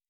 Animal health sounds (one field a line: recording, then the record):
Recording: hydrophone in a shrimp aquaculture tank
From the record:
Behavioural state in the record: normal